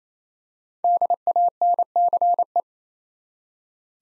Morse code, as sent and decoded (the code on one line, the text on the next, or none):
-.. .- -. -.-. .
DANCE